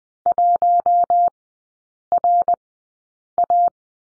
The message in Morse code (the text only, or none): 1RA